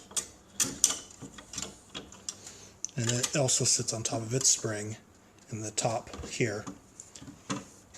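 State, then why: Seated. A plastic black key top is slid onto its nub and set on its spring while reassembling the keyboard of a Yamaha Clavinova CLP-860 digital piano, as someone talks. Small plastic taps and handling sounds are heard, and pressing the top of the key down snaps it onto the key frame with a click at 7.5 s, seating it in place.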